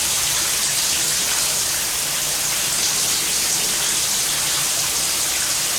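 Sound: shower water running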